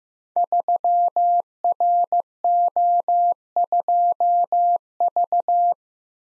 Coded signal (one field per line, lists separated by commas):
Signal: Morse code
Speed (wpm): 15 wpm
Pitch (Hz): 700 Hz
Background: none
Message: 3RO2V